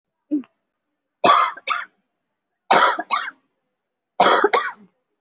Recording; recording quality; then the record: shallow voluntary cough; excellent, no background noise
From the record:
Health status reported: COVID-19 positive, mild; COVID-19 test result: positive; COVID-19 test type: RT-PCR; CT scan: taken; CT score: 5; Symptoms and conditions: cough, sore throat, fever, muscle pain, loss of smell and taste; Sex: female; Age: 46 years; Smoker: no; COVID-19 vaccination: none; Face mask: worn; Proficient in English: yes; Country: India